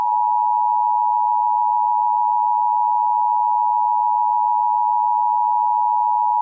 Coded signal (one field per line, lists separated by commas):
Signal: Emergency Alert System (SAME) tones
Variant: 853 and 960 Hz attention tone